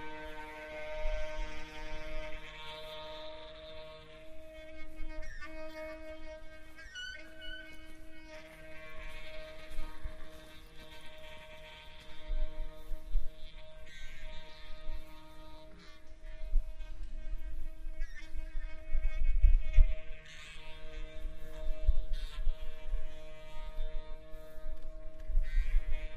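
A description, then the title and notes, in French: A sound walk through a large stone building, where a steady hum of stacked tones, likely from an installation, fills the space and rings in the architecture. Faint thuds, footsteps and voices pass through, with a brighter shimmering layer swelling and fading. Parcours sonore. Une promenade sonore dans la Saline Royale d'arc et Senans, entre installation et performances. Ambiances, traces, déambulations, passages, résonance architecturale.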